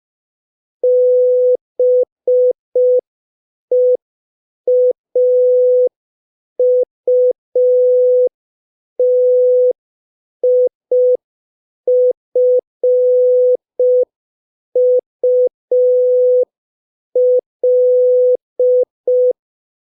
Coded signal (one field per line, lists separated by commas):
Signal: Morse code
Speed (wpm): 5 wpm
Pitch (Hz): 500 Hz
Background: none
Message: BEAUTIFUL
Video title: Morse Code Practice #3 (5wpm)